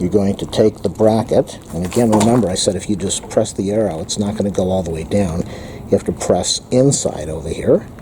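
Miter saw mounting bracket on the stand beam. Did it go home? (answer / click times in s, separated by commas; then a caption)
no / none. A DeWalt DW7231 metal miter saw mounting bracket is handled at the beam of a DeWalt DWX725B miter saw stand, with the inner release being pressed to push it down onto the stand rail while someone talks throughout. Nothing has seated or clicked yet, because the clip ends just before the bracket goes home.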